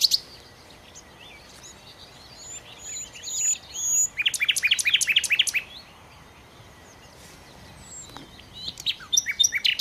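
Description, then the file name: Common nightingale giving a sudden burst of fast, loud repeated notes midway after soft scattered chirps, with another brief rapid phrase near the end. "Nachtigall"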